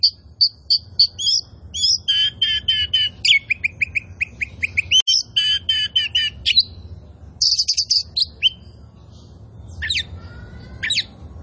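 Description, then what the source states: Oriental magpie-robin song: rapid series of clear whistled notes and trills, then harsher buzzy phrases and scratchy notes near the end. Kacer poci variety, described as gacor, singing vigorously and continuously.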